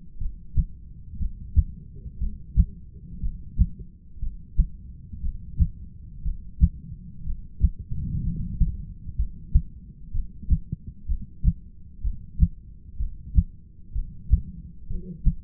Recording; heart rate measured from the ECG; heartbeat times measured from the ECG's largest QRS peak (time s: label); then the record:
heart sounds by stethoscope; 61 bpm
0.18 s: heartbeat
1.18 s: heartbeat
2.19 s: heartbeat
3.20 s: heartbeat
4.20 s: heartbeat
5.21 s: heartbeat
6.22 s: heartbeat
7.24 s: heartbeat
8.22 s: heartbeat
9.16 s: heartbeat
10.12 s: heartbeat
11.06 s: heartbeat
12.02 s: heartbeat
12.97 s: heartbeat
13.93 s: heartbeat
14.88 s: heartbeat
From the record:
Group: heart failure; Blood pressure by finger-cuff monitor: 115/73 mmHg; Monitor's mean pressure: 87 mmHg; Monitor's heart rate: 61 bpm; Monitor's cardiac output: 7.1 L/min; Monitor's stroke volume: 119 mL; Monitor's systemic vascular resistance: 880 dyn s/cm5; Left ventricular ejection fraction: 25%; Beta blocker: metoprolol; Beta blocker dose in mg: 62.5 twice daily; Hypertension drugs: ramipril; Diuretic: furosemide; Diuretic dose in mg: 40 twice daily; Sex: male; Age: 57 years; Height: 180 cm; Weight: 90.5 kg